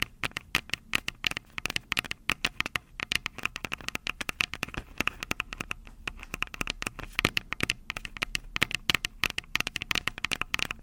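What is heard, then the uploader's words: Fingers tap rapidly on the body of a handheld recorder, making a dense, uneven run of sharp clicks that never lets up across the whole stretch. The taps sound crisp and bright, with a faint low hum underneath. ASMR Tapping on Tascam (No Talking).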